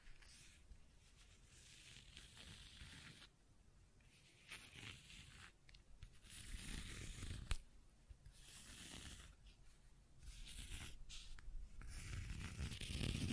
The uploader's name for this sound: Scratching and Tracing Sounds